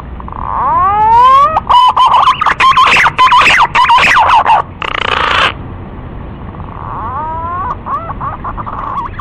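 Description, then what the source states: Green pigeon whistling: rising, wavering whistled notes with rich overtones, building into a loud tumbling burst, then a softer rising whistle series after a short pause. Lure call used to attract green pigeons.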